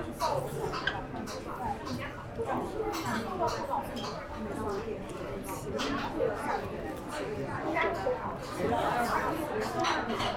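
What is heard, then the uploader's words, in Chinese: Going to Xiang'er Hutong to eat noodles: a steady wash of many overlapping voices talking at once, with no single speaker standing out. Short clinks and clatters break through often, over a low hum that stays level throughout. 去香饵胡同吃小面｜城市声音。下午。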